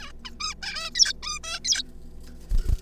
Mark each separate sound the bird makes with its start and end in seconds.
0.01-0.12, 0.25-0.30, 0.40-0.54, 0.62-0.90, 0.95-1.13, 1.23-1.39, 1.43-1.59, 1.64-1.83